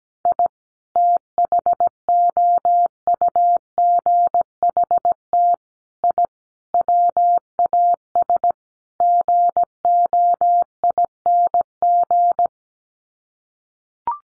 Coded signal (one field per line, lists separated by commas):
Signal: Morse code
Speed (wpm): 17 wpm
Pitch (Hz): 700 Hz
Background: none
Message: I THOUGHT I WAS GOING